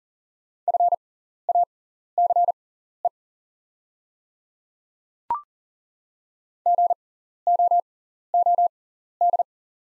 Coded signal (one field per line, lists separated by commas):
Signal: Morse code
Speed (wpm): 40 wpm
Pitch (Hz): 700 Hz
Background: none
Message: FACE GOOD